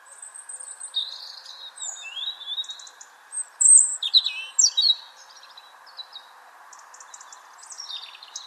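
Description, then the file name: European robin song, thin high warbled phrases with sliding whistles and quick trills, broken by short pauses, over a steady background hum. "Erithacus rubecula"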